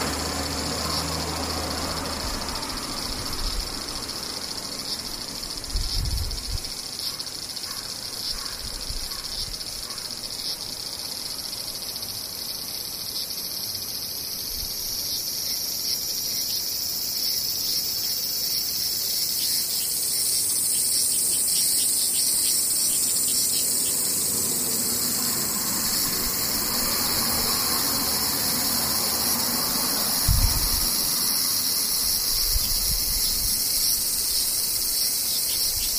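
Cicadas shrill in a dense, steady high buzz that swells slightly midway, with a few dull low thumps near six and thirty seconds.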